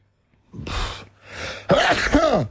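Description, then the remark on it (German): Two breathy, hissing inhales build up, then a loud voiced sneeze bursts out with a rising and falling vocal tone, all in under three seconds with no talking. “Da muss ich niesen.”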